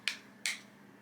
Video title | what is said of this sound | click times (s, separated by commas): Grip Control for IWI MSD | it usually snaps twice | 0.1 s, 0.5 s